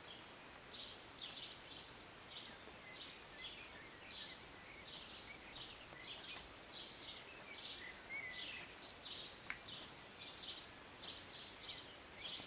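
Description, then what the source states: Birds chirp busily, dense runs of short high notes with a few lower whistled slurs, under continuous rain noise. Birds singing and chirping on a Sunday morning during short rain, heard from a city balcony.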